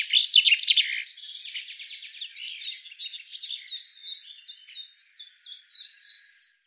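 Common chaffinch song: a loud, rapid burst of high notes, then a softer trill and a string of evenly spaced short notes.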